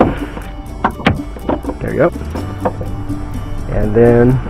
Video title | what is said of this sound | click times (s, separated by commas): 2000 IMPALA TRUNK STRUT REPLACEMENT | we go so we'll go ahead and put the lower on first you hear the snap up | 0.8 s